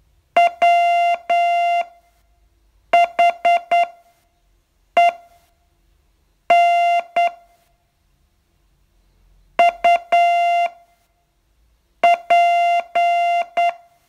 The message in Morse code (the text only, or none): WHEN UP